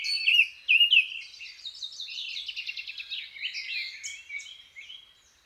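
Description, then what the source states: Birds: two loud wavering whistled phrases open, then a softer run of quick chirps and trills that fades out. Birds waking up.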